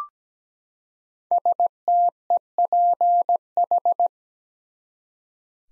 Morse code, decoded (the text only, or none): STEPH